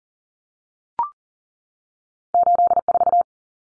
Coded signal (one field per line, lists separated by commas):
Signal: Morse code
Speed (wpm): 40 wpm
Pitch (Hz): 700 Hz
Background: none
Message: 84